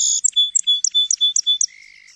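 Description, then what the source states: Song Sparrow song: a quick series of sharp notes alternating with short clear tones, ending in a lower buzzy trill that fades out. Wonderfully complex song; played from a CD.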